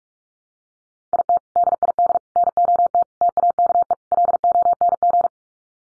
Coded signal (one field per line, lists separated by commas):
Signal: Morse code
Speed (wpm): 44 wpm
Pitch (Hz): 700 Hz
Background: none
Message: IT DID NOT TAKE LONG